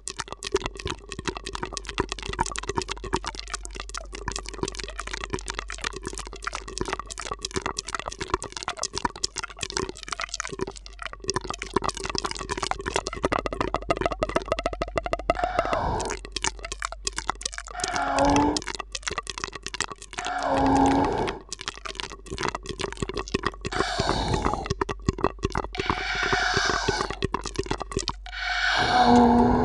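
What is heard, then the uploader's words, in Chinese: Two people make rough mouth sounds: dense rapid clicks and wet crackles throughout, with louder swooping smacks and slurps after fifteen seconds. 双人效果口腔音（略暴力）。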